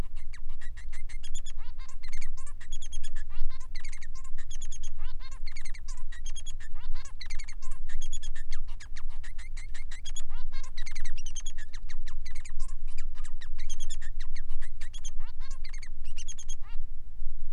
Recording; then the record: song of a male Bengalese finch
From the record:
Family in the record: son of father 3